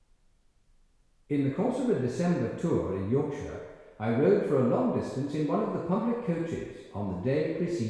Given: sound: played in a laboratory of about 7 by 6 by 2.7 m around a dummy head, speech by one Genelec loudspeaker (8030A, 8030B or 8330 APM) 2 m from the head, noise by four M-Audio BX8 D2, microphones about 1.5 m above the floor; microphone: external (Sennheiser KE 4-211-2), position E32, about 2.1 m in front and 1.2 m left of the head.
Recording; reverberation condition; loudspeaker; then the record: male speech in English; high; 30 degrees to the left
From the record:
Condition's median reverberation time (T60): about 1300 ms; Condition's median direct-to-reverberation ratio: about -4.0 dB